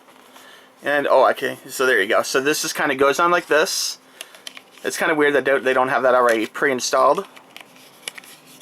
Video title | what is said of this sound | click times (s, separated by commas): Pokemon 20th Anniversary Edition: "New" Nintendo 3DS Unboxing/Review. | Like that. This kind of snaps in place, I guess. | 8.1 s